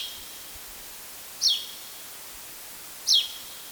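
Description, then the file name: Spanish sparrow calling twice, each note a brief high downward slur about one and a half seconds apart, with steady hiss throughout. "Spansk sparv"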